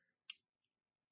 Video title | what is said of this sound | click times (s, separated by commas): Titans Return Brainstorm Review | and then you close it it clicks into places like a little snap | 0.3 s